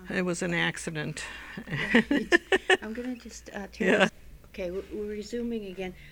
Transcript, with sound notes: It was an accident (she laughs)
I'm going to just turn Okay, we're resuming again.